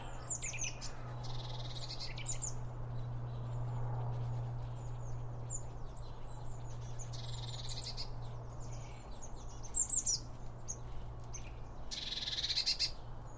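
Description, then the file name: Birds twittering in repeated high chirp clusters through the whole stretch, some buzzy, over a constant low hum. Birds around a bird feeder, recorded with two Line Audio OM1 microphones. "Birds Around Birdfeeding With Two Om 1 From Line Audio"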